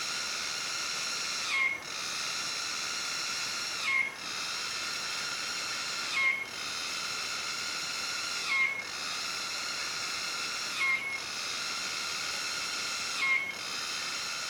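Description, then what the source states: Cicada song: a steady, high, whining drone with layered tones, broken about every two seconds by a brief dip and short note, six times. Malaysian rainforest.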